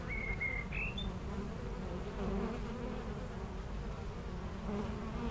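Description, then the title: Honey bees droning in a continuous low hum while a bird gives a few clear whistled notes rising in pitch at the start. Honey bees foraging between two hives of an apiary in Aix-les-Bains, France, making constant trips to flowers; a few birds in a nearby wood. "Aix-les-Bains, France - Les abeilles"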